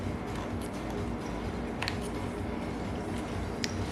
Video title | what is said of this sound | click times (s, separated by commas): Evader controller pt 2 ( Fabrication ) | controller so go on carefully and then just push it all the way in until you hear the click | 1.8 s, 1.9 s